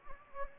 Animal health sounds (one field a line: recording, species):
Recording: mosquito wingbeat signal from an infrared sensor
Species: Anopheles gambiae